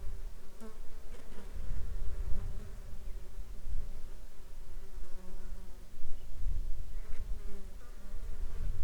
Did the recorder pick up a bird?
yes